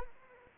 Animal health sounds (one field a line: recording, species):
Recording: mosquito wingbeat signal from an infrared sensor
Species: Anopheles arabiensis